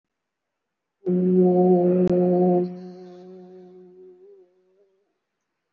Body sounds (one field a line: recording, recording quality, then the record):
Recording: sustained vowel as in boot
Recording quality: excellent, no background noise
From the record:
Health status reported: respiratory illness, not identified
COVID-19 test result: not tested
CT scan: not taken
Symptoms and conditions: cough, cold, breathing difficulty, sore throat, fatigue, muscle pain, pneumonia, another respiratory illness, another condition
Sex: female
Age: 52 years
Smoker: no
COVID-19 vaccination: one dose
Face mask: worn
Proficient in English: no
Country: India